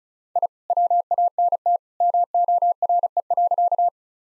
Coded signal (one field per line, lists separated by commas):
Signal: Morse code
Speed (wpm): 34 wpm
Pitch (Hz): 700 Hz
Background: none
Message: I WANT MORE.